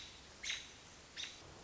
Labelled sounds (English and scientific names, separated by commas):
American Robin (Turdus migratorius)